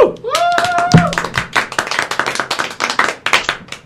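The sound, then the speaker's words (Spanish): A burst of applause for a poet at a poetry event: many hands clapping in a dense, steady patter that stays loud for several seconds, with a short whooping cheer rising over it at the start. “Es un aplauso.”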